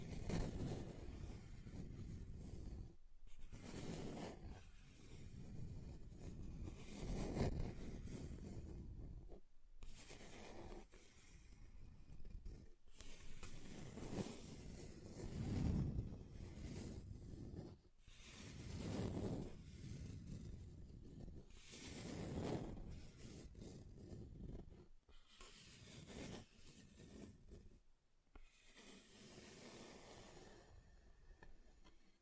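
Scratching across different table surfaces, in a run of rough rubbing strokes. Each stroke lasts a second or two with short gaps between, sometimes grainy and bright, sometimes duller and low. The strokes continue unevenly across the whole clip, softer toward the end.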